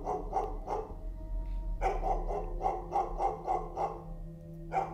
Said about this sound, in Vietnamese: Tiếng chó sủa văng vẳng ở đâu đây, giữa đêm khuya, nhất là trong cái trận lũ tuyệt vọng. Nghe cái tiếng chó sủa nó chẳng những là tiếp thêm sinh khí mà nó càng làm cho người ta thêm buồn.